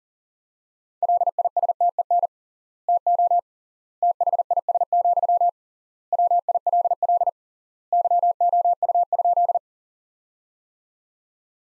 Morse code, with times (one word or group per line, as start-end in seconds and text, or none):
1.0-2.3 LISTEN
2.9-3.4 TO
4.0-5.5 THIS,
6.1-7.3 WILL
7.9-9.6 YOU?